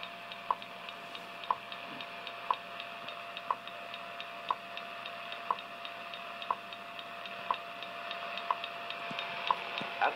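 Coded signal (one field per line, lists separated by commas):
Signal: radio time signal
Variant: WWV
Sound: crisp tick every second, 10 ticks, over hissing shortwave static with faint clicks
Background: radio static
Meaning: Each tick marks one second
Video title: WWV 25mhz great reception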